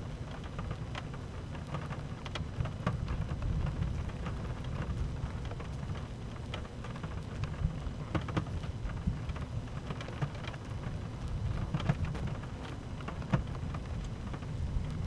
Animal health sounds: honeybee colony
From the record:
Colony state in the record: active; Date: 12 June 2018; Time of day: 13:03

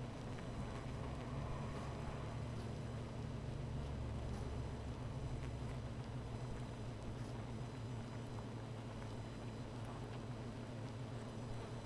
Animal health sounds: honeybee colony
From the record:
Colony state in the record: missing queen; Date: 14 July 2017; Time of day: 17:56

